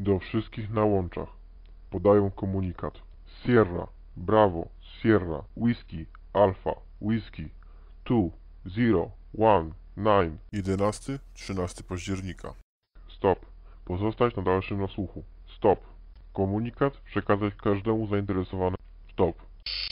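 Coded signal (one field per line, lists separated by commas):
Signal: numbers station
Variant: Polish-language imitation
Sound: synthetic-sounding voice reading Polish phrases, phonetic-alphabet letters and digits, with 'Stop' breaks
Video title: Lincolnshire Poacher - Security BSides Warsaw 2019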